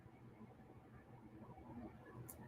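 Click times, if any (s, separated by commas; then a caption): 2.3 s. A bobbin case is pushed all the way into a Featherweight sewing machine with metal parts over low, steady background noise. It seats with a single short, bright click at 2.3 s.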